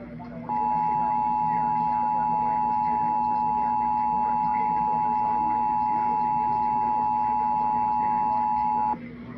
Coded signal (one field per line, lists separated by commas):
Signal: Emergency Alert System (SAME) tones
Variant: 853 and 960 Hz attention tone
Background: speech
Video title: August 2023 Texas Required Monthly Test (EAS #428-436)